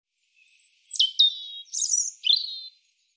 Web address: cianscape birddata Deverinetal 2025 Bird Er Ru Er Ru